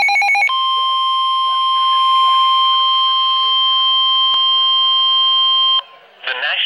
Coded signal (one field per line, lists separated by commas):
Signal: Emergency Alert System (SAME) tones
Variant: 1050 Hz attention tone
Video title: Severe thunderstorm warning (EAS #162)